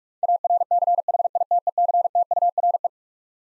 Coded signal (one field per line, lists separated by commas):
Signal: Morse code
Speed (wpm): 41 wpm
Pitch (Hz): 700 Hz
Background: none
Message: ARCHITECTURE